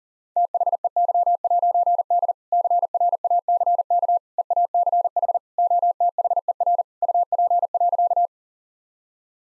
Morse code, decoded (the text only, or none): THEY'D CRACK EACH OTHER UP.